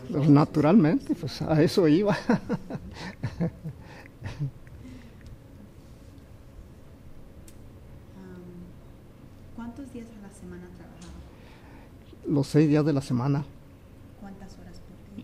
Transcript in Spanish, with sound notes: Pues naturalmente, pues a eso iba. (risas)
¿Cuántos días a la semana trabajaba?
Los seis días de la semana.
¿Cuántas horas por día?